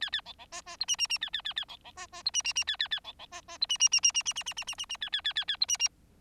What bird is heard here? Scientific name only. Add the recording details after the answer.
Lonchura striata domestica. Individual Bird4